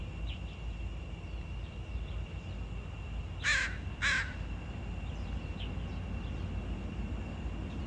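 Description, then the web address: Bird calls: two harsh, crow-like caws in quick succession midway through, over a constant low rumbling noise, with a few faint chirps. "cianscape. Deverinetal 2025. Bird Only"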